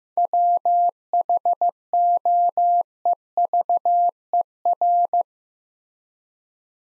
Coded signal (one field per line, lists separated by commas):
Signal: Morse code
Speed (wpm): 15 wpm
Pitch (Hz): 700 Hz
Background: none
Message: WHOEVER